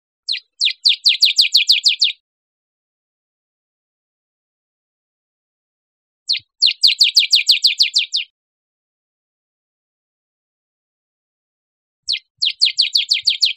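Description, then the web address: Bird repeating bursts of about twelve rapid, high, down-slurred chirps, each burst lasting under two seconds and returning roughly every six seconds, with silence between. Recorded 1 December 2008. "birdvocals CR CANT 2 081201"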